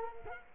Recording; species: mosquito wingbeat signal from an infrared sensor; Culex quinquefasciatus